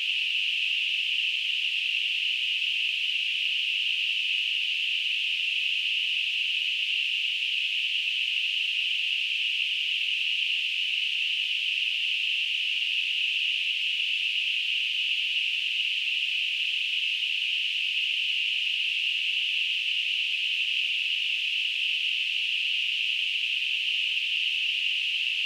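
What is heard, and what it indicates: A steady, unchanging high-pitched hiss, centered around 3 kHz, runs the full 25 seconds at an even level with no pauses. It is a simulation of noise-type tinnitus, a sound perceived in the ears without any outside source.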